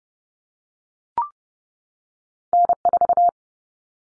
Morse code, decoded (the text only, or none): N4